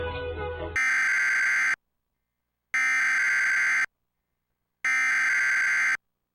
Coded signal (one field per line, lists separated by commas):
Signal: Emergency Alert System (SAME) tones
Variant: header bursts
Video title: DASDEC Tornado Warning 7/15/24 (EAS #13)